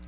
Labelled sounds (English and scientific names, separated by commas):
Black-throated Blue Warbler (Setophaga caerulescens) flight call